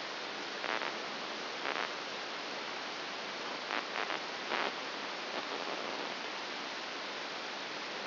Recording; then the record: brain microelectrode recording played as sound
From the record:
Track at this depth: outside the subthalamic nucleus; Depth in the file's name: 6.301 mm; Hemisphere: left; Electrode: 2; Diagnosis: Parkinson's disease